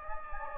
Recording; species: mosquito wingbeat signal from an infrared sensor; Anopheles gambiae